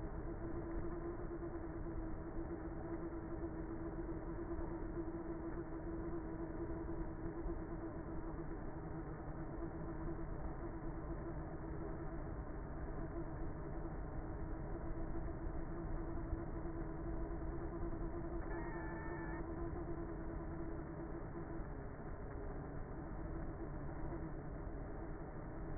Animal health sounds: honeybee colony, microphone inside the hive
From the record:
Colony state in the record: queenless with a low population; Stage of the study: before two queens were removed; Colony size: about 30,000 bees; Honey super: no

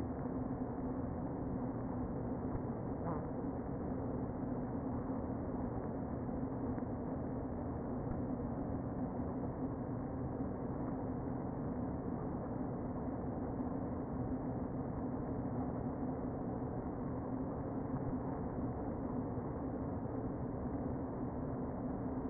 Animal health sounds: honeybee colony, microphone inside the hive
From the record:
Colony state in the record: queen present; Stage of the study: before two queens were removed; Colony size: about 60,000 bees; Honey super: yes

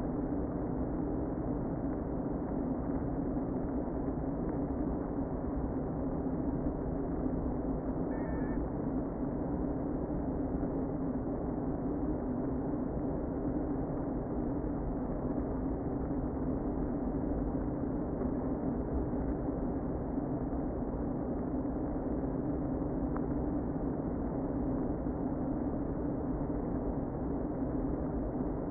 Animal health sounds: honeybee colony, microphone inside the hive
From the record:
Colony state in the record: queen present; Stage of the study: before two queens were removed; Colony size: about 60,000 bees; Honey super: yes

